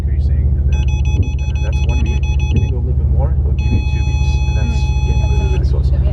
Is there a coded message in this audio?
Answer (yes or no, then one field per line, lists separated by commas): no